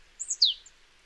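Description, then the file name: Marsh tit call: a quick high thin note followed by a sharp downward-sweeping chip, all within about half a second, against faint background hiss. "Poecile palustris"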